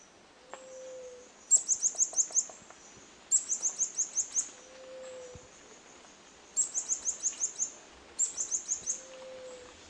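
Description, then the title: White-chinned sapphire giving very high, thin bursts of several quick ticking notes, repeated four times, with soft low whistles and faint background hiss between. "LuckyPassaro Completos2Sama. White-chinned Sapphire (Hylocharis cyanus)"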